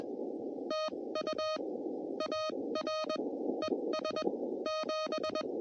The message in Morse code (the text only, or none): TU AR ES 7